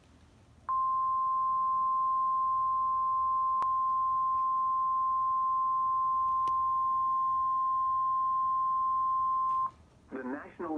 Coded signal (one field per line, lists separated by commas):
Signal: Emergency Alert System (SAME) tones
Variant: 1050 Hz attention tone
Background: speech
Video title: EAS #3 severe thunderstorm warning 3?!?!?!